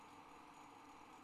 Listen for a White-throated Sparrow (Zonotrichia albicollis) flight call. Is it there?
no